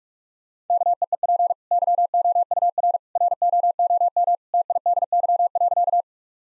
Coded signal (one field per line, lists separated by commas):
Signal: Morse code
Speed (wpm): 46 wpm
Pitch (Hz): 700 Hz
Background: none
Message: KEEP YOUR ROOM TIDY.